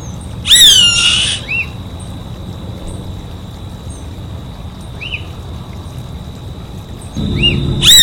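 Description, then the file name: Savanna hawk uttering a harsh, raspy, descending scream near the start and another beginning at the end, between soft arched chirps and a constant high-pitched drone. "Canto do gaviao vaqueiro"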